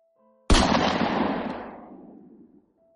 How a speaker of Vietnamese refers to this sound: Một tiếng súng vang vọng trong không trung. Nó phát ra từ phía dưới bãi container. Và đó không phải là tiếng nổ của súng bắn đạn cao su.